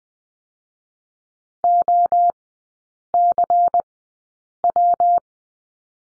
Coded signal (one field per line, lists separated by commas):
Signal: Morse code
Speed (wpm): 20 wpm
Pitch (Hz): 700 Hz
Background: none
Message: OCW